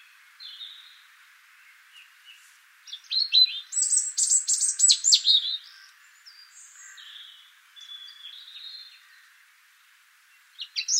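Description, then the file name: European robin singing: soft high notes, then a loud burst of rapid, trilling, silvery notes, followed by quieter thin whistles and a fresh phrase starting at the end. "Erithacus rubecula"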